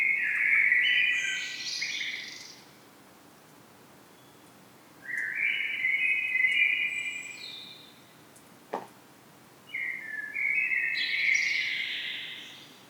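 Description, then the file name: Common blackbird song: three rich whistled phrases spaced a few seconds apart, each trailing into high, squeaky twittering, with a single sharp click between them. "Turdus merula"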